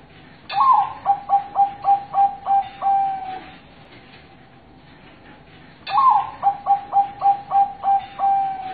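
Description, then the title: Zebra dove sings two phrases, each a bright opening note and a rhythmic train of mellow coos ending in a longer held coo, with a quiet gap between. Master song meant to prompt other zebra doves to join in singing. "Suara Perkutut"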